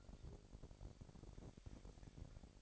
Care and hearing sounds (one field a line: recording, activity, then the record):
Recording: daily activity, microphone in the room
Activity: take from stove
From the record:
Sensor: 5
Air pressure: 1012.2 hPa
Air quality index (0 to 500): 235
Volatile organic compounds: 4 ppm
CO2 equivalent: 1563 ppm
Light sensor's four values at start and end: 45/101/43/45 and 45/103/43/45